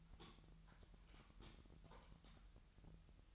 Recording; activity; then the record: daily activity, microphone in the room; typing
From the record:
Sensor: 3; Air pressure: 1002.0 hPa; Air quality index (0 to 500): 246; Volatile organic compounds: 50 ppm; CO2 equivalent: 3295 ppm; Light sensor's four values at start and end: 13/41/17/15 and 13/41/17/15